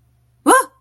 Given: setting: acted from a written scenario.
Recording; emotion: vocal sound without words; fear